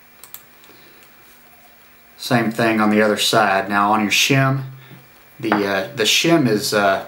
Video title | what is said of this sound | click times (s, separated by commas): How to upgrade an Ambassadeur 6500c3 with Boca Bearings | put the gear back on now it should kind of click in place | 0.3 s